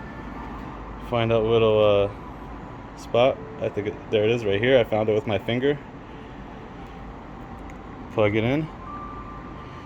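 Someone talks while feeling with a finger for the locating spot on an LED turn signal insert and lining it up with a Harley Davidson motorcycle's turn signal housing, with a steady low background hum throughout. The insert is only positioned and has not yet been plugged in, so nothing has seated or clicked.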